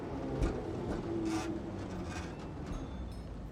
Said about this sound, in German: Als ich aufblickte, fuhr auf der Hochbahnstrecke gerade ein Zug mit erleuchteten Waggons in den Bahnhof.